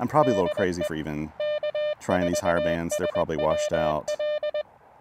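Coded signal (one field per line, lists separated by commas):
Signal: Morse code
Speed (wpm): 20 wpm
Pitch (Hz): 3000 Hz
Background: speech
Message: DE K4SWL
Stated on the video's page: QRP POTA activation on the higher bands at Blue Ridge Parkway, with an Elecraft KX2, KXPD2 paddles and a Tufteln end-fed random-wire antenna.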